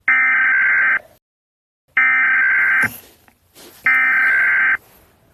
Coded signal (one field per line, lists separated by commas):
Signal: Emergency Alert System (SAME) tones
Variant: header bursts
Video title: Edmund Fitzgerald interrupts EAS emergency (lol)